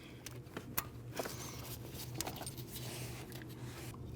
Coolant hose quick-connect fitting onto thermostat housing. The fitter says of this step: Listen for the click.